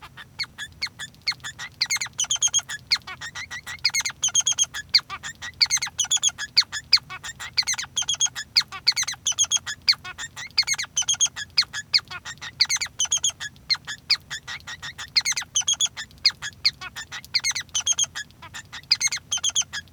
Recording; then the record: song of a male Bengalese finch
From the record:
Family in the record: son of father 3